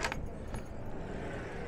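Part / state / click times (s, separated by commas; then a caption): door lock latch in a tiny house door / seated / 0.1 s. A door lock latch on a tiny house door is operated and engages with a short double click at 0.1 s and 0.1 s, along with a jangling sound like a key or handle. A faint rumbling hum continues underneath, and the lock is seated.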